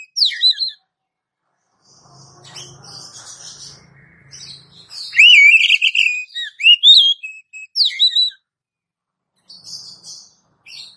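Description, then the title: Oriental magpie-robin song with sharp downslurred whistles, soft chatter, then a loud sequence of wavering whistles and rising notes, a low hum briefly behind. "Kacer"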